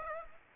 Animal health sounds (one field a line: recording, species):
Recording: mosquito wingbeat signal from an infrared sensor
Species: Aedes aegypti